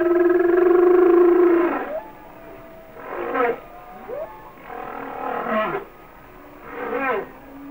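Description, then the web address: Humpback whale song with a sustained droning moan, then a run of shorter bending whoops and groans. "Natures Songs Whale Songs Sounds of Nature - Humpback Whales"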